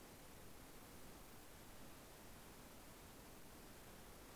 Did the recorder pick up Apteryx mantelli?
no